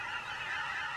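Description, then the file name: Aleutian cackling goose: aleutian cackling geese in full chorus, countless short nasal yelps layered over one another in an unbroken, busy din. Aleutian subspecies; a flock of geese. "sound ecology - aleutian geese"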